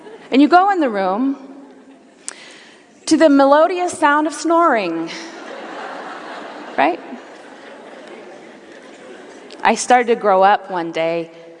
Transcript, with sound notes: And you go in the room to the melodious sound of snoring. (laughter) I started to grow up one day.